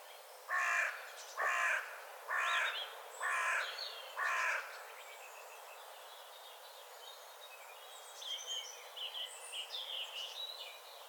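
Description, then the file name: Carrion crow cawing, five harsh, hoarse caws in quick succession about one second apart, followed by faint high twittering of small birds. "Corvus corone"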